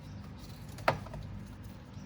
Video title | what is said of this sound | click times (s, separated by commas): 2015 Chevy Silverado 1500 LT - Corsa Closed Box Cold Air Intake | your sensor clip here you're gonna push it down hear that click | 0.9 s